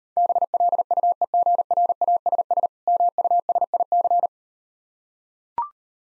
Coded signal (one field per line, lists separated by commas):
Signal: Morse code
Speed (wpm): 39 wpm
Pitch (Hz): 700 Hz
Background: none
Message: BLUEGRASS MUSIC